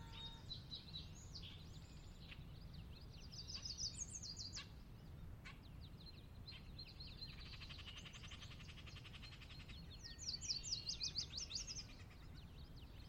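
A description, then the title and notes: An afternoon in the Sinlahekin Valley, with many birds chirping and trilling high and bright over a steady low rumble of wind or noise. Calls come thick and overlapping throughout, with a dense buzzy trill around eight seconds and a busier burst near eleven. Sinlahekin Valley afternoon. The valley itself is a 16 mile long, 1/2-mile wide glacier-dug trench near the Northeastern slope of the Cascades.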